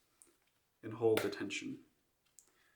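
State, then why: Seated. A rolled plastic liner is dropped into a paper luminaire tube, and its overlap is pulled apart so the cut edges interlock and hold the tension. Someone talks, then a small sharp click at 2.4 s marks the liner locking into place. The seam lies flat.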